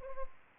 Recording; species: mosquito wingbeat signal from an infrared sensor; Anopheles arabiensis